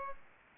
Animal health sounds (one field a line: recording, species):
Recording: mosquito wingbeat signal from an infrared sensor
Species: Aedes aegypti